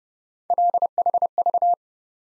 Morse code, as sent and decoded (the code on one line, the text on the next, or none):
.-.. .... ...-
LHV